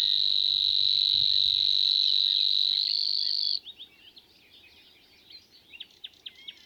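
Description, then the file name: Savi's warbler reeling song, a continuous high buzzing trill that stops after three and a half seconds, then quiet scratchy notes of another bird. "Snor"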